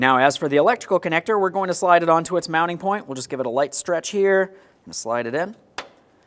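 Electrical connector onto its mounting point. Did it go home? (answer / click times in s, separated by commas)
yes / 5.8 s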